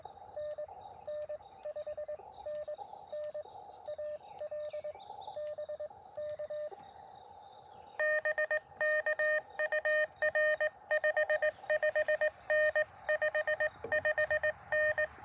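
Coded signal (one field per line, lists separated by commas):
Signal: Morse code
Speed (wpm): 22 wpm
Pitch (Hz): 600 Hz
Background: none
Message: NN 5NN AL BK BK UR 55N 55N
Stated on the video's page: QRP CW Parks on the Air activation in early morning, Elecraft KX2 keyed with BaMaKeY TP-III paddles, Chameleon MPAS Lite antenna.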